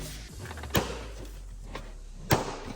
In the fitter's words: you should be able to hear a pretty loud snap for every time one goes in just like this